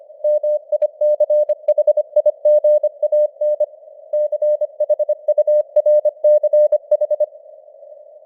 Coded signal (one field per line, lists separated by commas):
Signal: Morse code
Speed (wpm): 25 wpm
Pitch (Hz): 600 Hz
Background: none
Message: MICHIGAN CHURCH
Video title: Morse Code News | 2025-09-29 | 25wpm